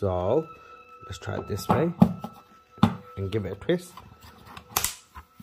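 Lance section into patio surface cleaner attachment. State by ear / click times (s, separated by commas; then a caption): seated / 4.8 s. A lance section for a Kärcher K 2 Power Control Home pressure washer is pushed into the patio surface cleaner attachment and twisted in its plastic bayonet fitting. Someone talks, then handling noises follow, and a sharp click at 4.8 seconds shows the fitting has locked in place.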